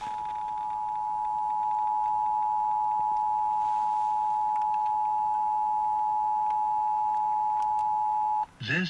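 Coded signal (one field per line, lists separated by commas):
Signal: Emergency Alert System (SAME) tones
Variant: 853 and 960 Hz attention tone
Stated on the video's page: 2023 National EAS test received off FM radio stations.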